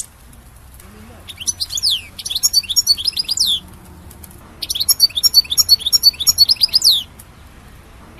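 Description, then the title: European goldfinch song: two long phrases of rapid, high, liquid twitters and chirps with a pause between. "Chant Chardonneret"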